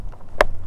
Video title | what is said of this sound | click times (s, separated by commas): PowerDolphin - The Future of DRONE FISHING? | hear it click in | 0.4 s